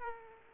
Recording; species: mosquito wingbeat signal from an infrared sensor; Aedes aegypti